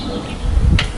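On a restored hay rake, a steel locking pin is pushed through the new steel fork drawbar clevis fitted onto the machine. Low rumbling fills the clip before a sharp metallic hit at 0.8 s, the moment the pin drops into the clevis and seats.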